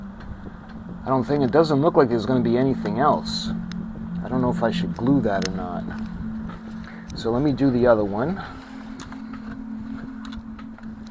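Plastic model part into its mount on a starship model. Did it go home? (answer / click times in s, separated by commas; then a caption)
no / none. A plastic part of a die-cast and plastic U.S.S. Enterprise D starship model from FanHome's Star Trek The Next Generation build is handled near its mount while someone talks over a steady low hum. Faint taps and handling noises occur around 6.9, 9.0, 9.1 and 10.3 seconds. The clip ends before the part is pushed home, so nothing has seated or clicked yet.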